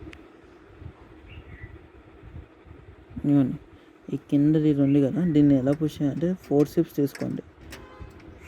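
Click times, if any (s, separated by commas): none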